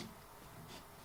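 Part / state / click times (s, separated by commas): hot-air nozzle onto hot-air station heater assembly / not seated / none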